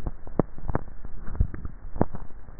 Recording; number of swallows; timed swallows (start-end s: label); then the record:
swallowing sounds by neck microphone; 1
1.22-2.02 s: swallow
From the record:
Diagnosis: dysphagia